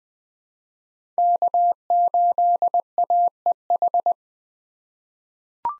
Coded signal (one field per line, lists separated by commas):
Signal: Morse code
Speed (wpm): 20 wpm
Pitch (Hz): 700 Hz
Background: none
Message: K8AEH